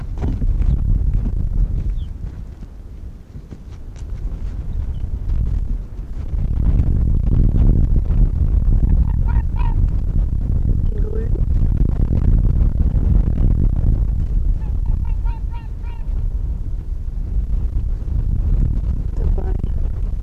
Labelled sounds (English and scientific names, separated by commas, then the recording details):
Arctic Fox (Vulpes lagopus)
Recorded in the wild
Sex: male
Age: adult
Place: Insel Mednyi, Kommandeur-Inseln, RU
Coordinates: 54.5167, 168.083
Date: 1999-07-12 17:24
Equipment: Sony WM-D6C, Sennheiser ME 80, K 30 AV, Windkorb, Kopie Sony TCD-D8
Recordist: Jakupi, Antje
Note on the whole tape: Südosten der Insel, Haupttal, weisse Stange: 12 Bellstrophen von Rüden grün/grün 68. Tier kommt auf Weg von Weggabelung zur Bambusstange. Entfernung ca. 80 m